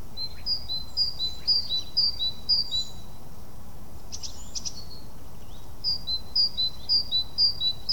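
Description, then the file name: Great tit song: clear two-note phrases, high then lower, repeated about twice a second in two bursts with a pause between, a brief buzzy note in the gap, low background rumble. "Parus major"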